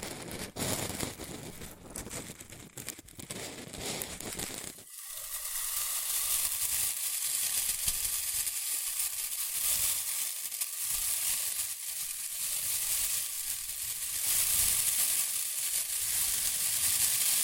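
Shredded tissue and packing peanuts rustle and crinkle. The first five seconds are a rougher, lower crunching with dense jostling; then it switches abruptly to a bright, hissy crackle that stays thick and steady to the end, with soft low thumps underneath.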